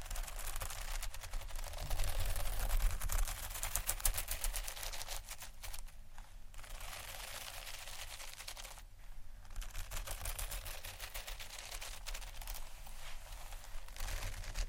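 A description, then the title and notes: Bags being handled, crinkled and rustled in a dense, continuous stream of crisp, rapid crackles and ticks. The rustling briefly eases around six and nine seconds, then resumes, with a low steady rumble underneath throughout. ASMR 4 Textured Bags 1 Hour（No Talking）.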